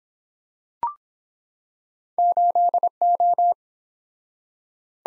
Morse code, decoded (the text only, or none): 8O